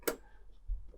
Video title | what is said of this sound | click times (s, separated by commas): Build The Terminator - Issue 119 - Attaching The Terminator To The Base | to slide it down you hear the click | 0.0 s, 0.1 s